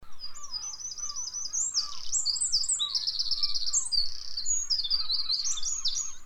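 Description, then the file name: Eurasian wren: rapid, very high, chattering trills and twittering runs pour out almost without pause. "Troglodytes troglodytes"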